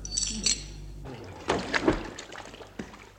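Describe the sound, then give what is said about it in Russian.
Metal shackles clink and jangle briefly as they are thrown into the ocean, then a few watery splashes and sloshes follow at uneven intervals, moderately loud over a low background hum. “эти кандалы я бросаю в пучину океана.”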